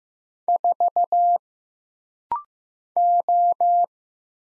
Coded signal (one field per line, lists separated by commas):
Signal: Morse code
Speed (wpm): 15 wpm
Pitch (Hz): 700 Hz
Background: none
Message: 4 O